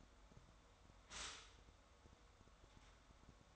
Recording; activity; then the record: daily activity, microphone in the room; stop toaster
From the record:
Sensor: 3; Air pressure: 1014.7 hPa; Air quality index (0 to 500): 200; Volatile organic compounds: 26 ppm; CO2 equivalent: 2863 ppm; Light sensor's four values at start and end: 4/10/4/4 and 4/10/4/4